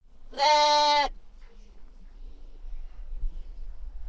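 Animal bleat: one loud, harmonic, nasal bleat lasting under a second, followed by faint low background rumble.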